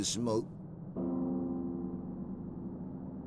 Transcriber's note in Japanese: 山寺で鳴る鐘の響き